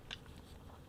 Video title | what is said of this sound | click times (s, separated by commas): G1 Hot Rod (Random Review) | a little bit tight to get in but it does click you heard it there just to make sure it's on camera | 0.1 s